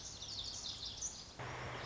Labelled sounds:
Lazuli Bunting
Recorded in Sonoma County, California

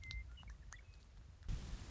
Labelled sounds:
Western Meadowlark
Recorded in Sonoma County, California

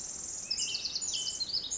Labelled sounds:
Pacific Wren
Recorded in Sonoma County, California

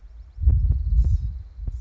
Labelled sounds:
Blue-gray Gnatcatcher
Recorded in Sonoma County, California

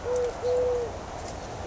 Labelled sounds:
Eurasian Collared Dove
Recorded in Sonoma County, California

